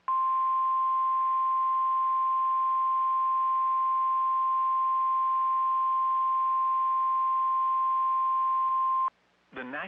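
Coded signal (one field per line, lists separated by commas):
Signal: Emergency Alert System (SAME) tones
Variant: 1050 Hz attention tone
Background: speech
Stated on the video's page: NOAA Weather Radio alerts: Flash Flood Warning and Severe Thunderstorm Warning for the Washington, D.C. area.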